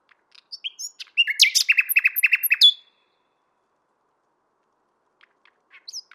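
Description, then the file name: Common nightingale song: a burst of varied whistles and clicks, then a rapid run of repeated buzzy notes for about a second and a half, followed by silence and faint notes. "Luscinia megarhynchos"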